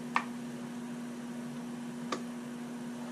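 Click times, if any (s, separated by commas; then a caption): none. A plastic cover tab is pressed into its seat on the motor head of a Fluval 406 canister filter, where it sits down but fails to lock. Two brief, faint plastic taps come at about 0.2 s and 2.1 s over a steady low hum. Nothing has seated or clicked yet.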